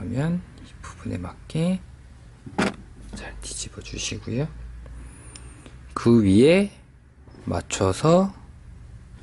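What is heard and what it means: An AMD Ryzen 1600 desktop processor is turned over and lined up with the triangle mark above the AM4 CPU socket on a motherboard, ready to be set on with no force, while someone talks. A few faint, brief handling ticks come between about 4.9 and 5.7 seconds. The processor has not dropped in or clicked into the socket yet.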